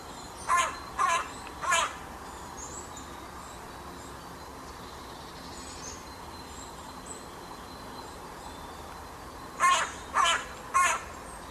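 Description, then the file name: Carrion crow cawing: three harsh, hoarse caws, then a long quiet pause filled with steady background hiss, then three more caws. "Corvus corone"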